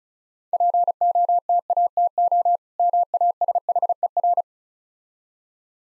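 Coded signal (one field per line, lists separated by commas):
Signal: Morse code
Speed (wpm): 38 wpm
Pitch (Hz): 700 Hz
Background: none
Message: POTATO MASHER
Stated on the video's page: Morse practice set of easy words with contextual hints, speed-racing, 35 wpm.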